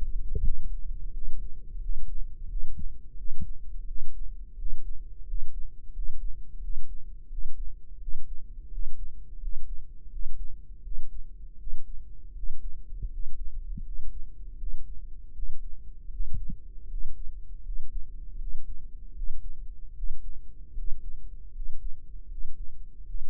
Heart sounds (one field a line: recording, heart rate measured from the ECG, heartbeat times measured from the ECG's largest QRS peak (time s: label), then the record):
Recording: heart sounds by microphone in the right ear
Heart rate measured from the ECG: 82 bpm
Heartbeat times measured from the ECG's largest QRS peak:
0.41 s: heartbeat
1.10 s: heartbeat
1.78 s: heartbeat
2.46 s: heartbeat
3.14 s: heartbeat
3.84 s: heartbeat
4.55 s: heartbeat
5.24 s: heartbeat
5.91 s: heartbeat
6.59 s: heartbeat
7.27 s: heartbeat
7.97 s: heartbeat
8.68 s: heartbeat
9.38 s: heartbeat
10.08 s: heartbeat
10.80 s: heartbeat
11.56 s: heartbeat
12.32 s: heartbeat
13.08 s: heartbeat
13.81 s: heartbeat
14.55 s: heartbeat
15.31 s: heartbeat
16.08 s: heartbeat
16.86 s: heartbeat
17.61 s: heartbeat
18.36 s: heartbeat
19.12 s: heartbeat
19.92 s: heartbeat
20.72 s: heartbeat
21.50 s: heartbeat
22.26 s: heartbeat
23.03 s: heartbeat
From the record:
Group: healthy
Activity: cold pressor test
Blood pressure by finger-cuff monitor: 109/67 mmHg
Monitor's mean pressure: 76 mmHg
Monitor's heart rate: 86 bpm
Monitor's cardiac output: 7.6 L/min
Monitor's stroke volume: 89 mL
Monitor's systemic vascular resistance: 700 dyn s/cm5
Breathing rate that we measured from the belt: 15 breaths a minute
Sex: male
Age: 23 years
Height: 178 cm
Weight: 96.6 kg